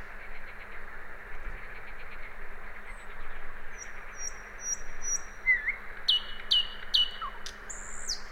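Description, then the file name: Common nightingale giving sparse high ticking notes, then a burst of sharp repeated whistled notes and a short sweeping phrase near the end, with a constant low hum throughout. "Luscinia megarhynchos"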